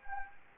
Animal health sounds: mosquito wingbeat signal from an infrared sensor; Anopheles gambiae

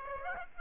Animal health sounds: mosquito wingbeat signal from an infrared sensor; Aedes aegypti

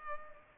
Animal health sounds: mosquito wingbeat signal from an infrared sensor; Culex pipiens

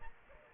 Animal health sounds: mosquito wingbeat signal from an infrared sensor; Aedes aegypti

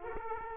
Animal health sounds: mosquito wingbeat signal from an infrared sensor; Aedes aegypti

